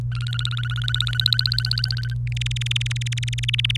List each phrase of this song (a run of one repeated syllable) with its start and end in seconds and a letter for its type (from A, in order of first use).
0.12-2.14 A, 2.27-3.77 B